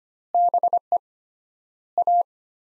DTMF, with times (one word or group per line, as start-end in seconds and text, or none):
none